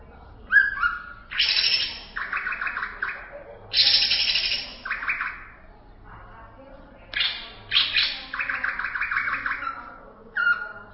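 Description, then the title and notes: Greater green leafbird song in repeated bouts: sharp whistled notes, harsh rasping bursts and quick chattering trills, with short pauses between phrases. Champion bird; song described as kicau. "Kicau Burung Cucak Ijo Juara. Suara kicauan burung cucak ijo"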